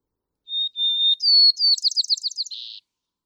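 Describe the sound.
White-crowned sparrow song with a steady whistled introduction, brighter higher note, quick run of slurred chirps and a final burred buzz.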